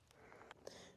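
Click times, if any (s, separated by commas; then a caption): 0.5 s. A wiring harness connector is pushed back onto the engine oil pressure sensor of a 2011-2019 Ford Explorer after the sensor was torqued to 18 Nm. A soft rustle with several faint taps carries a sharp click at 0.5 s as the connector locks and seats.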